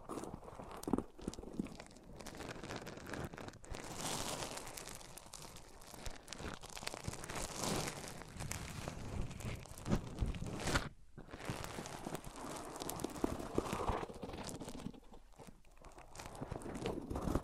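A microphone is rubbed across different surfaces, making a dense, scratchy, shifting friction noise that runs almost without pause. The texture changes from rough and bright to duller scraping, with occasional knocks and brief near-silent gaps around 11 and 15 seconds.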